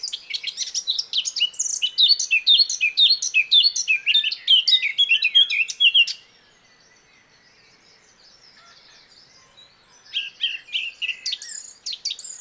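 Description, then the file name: Eurasian blackcap song: a lively six-second stream of high warbled notes and chirps, a quiet gap, then a renewed run of twittering. "Sylvia atricapilla"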